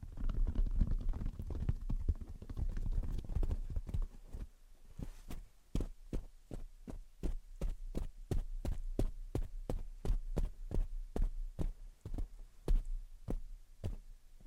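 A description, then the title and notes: Gentle tapping and scratching, starting with a dense stretch of rustling scratches and soft taps over the first four seconds. After that it settles into sharp, regular taps, roughly two per second, crisp and clicky, with a low steady hum underneath. Gentle Tapping and Scratching. (No Talking).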